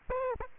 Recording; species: mosquito wingbeat signal from an infrared sensor; Aedes aegypti